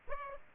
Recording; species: mosquito wingbeat signal from an infrared sensor; Aedes aegypti